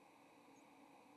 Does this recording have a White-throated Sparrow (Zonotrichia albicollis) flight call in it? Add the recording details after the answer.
no. Another species' flight call is heard. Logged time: 08:28 on 30 October 2014